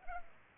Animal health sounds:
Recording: mosquito wingbeat signal from an infrared sensor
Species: Culex pipiens

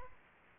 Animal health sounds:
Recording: mosquito wingbeat signal from an infrared sensor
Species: Aedes aegypti

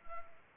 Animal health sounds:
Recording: mosquito wingbeat signal from an infrared sensor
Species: Anopheles arabiensis

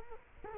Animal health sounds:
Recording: mosquito wingbeat signal from an infrared sensor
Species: Culex quinquefasciatus

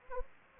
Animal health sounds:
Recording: mosquito wingbeat signal from an infrared sensor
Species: Anopheles arabiensis

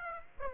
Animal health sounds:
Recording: mosquito wingbeat signal from an infrared sensor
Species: Aedes aegypti

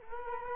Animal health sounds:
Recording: mosquito wingbeat signal from an infrared sensor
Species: Culex quinquefasciatus

